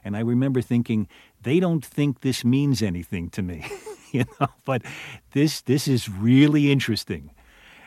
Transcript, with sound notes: And I remember thinking, They don't think this means anything to me, you know. (laughs) But this is really interesting.